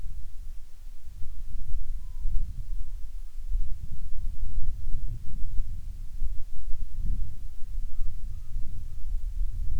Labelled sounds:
bird, wind
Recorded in the Prudhoe Bay oil fields, Alaska, on 7 August 2019 at 05:00
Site 13

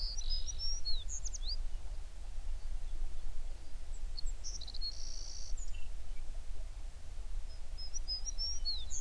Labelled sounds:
songbird
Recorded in the Prudhoe Bay oil fields, Alaska, on 11 June 2019 at 04:47
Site 21

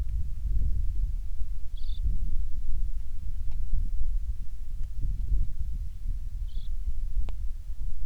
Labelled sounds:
songbird
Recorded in the Prudhoe Bay oil fields, Alaska, on 27 July 2019 at 18:57
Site 19

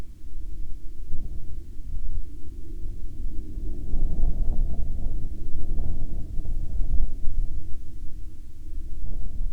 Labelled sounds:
wind, aircraft
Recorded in the Prudhoe Bay oil fields, Alaska, on 26 July 2019 at 14:51
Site 13

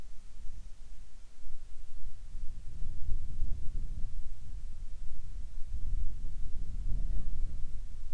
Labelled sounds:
wind
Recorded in the Arctic National Wildlife Refuge, Alaska, on 7 July 2019 at 18:36
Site 41

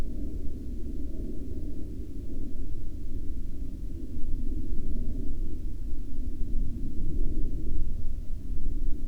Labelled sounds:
aircraft
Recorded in the Prudhoe Bay oil fields, Alaska, on 11 May 2019 at 18:47
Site 17

